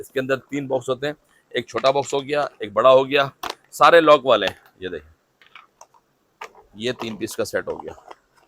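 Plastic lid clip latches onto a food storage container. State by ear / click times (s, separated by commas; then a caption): not seated / none. A plastic food storage box lid with locking side clips is handled over its container while someone talks, with a few faint ticks and clicks during a pause around 5.4–6.4 seconds. The clip ends before the lid goes home, so nothing has seated or clicked yet.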